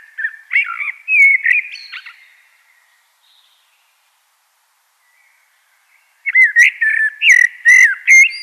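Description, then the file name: Common blackbird delivers two warbled phrases separated by a silence of several seconds, each mixing low fluty whistles with sharp, high squeaky twitters. "Turdus merula"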